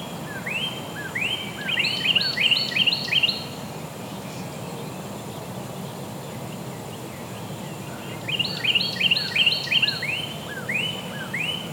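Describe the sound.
Bird song in two bursts separated by a pause, each mixing upslurred whistles and fast chirpy notes, over steady low rumbling background noise.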